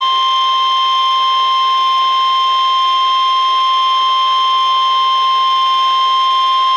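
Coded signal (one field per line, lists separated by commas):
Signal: Emergency Alert System (SAME) tones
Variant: 1050 Hz attention tone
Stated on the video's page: Severe thunderstorm warning from NOAA weather radio station WXJ87 Madison, Wisconsin.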